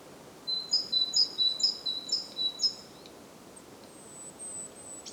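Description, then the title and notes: Great tit singing several rhythmic two-note phrases, high and ringing, followed by faint thin high notes. Recorded at Głodówka, Žilina Region, Slovakia, with a Zoom F3 recorder and Usi Pro microphones. "Głodówka, Kraj żyliński, Słowacja - Great voice of a great tit. Recordist: Maciej Wirmański"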